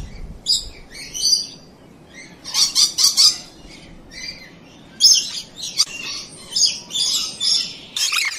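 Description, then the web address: Bird uttering rasping, buzzy chatter in repeated bursts over a steady low rumble of background noise. Recorded in Arizona. "az brid sounds"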